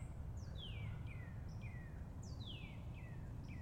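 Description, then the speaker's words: Northern Cardinal song: several clear whistles sliding steeply downward, over a low rumbling background. "There's a male cardinal singing like right above me."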